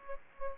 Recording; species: mosquito wingbeat signal from an infrared sensor; Aedes aegypti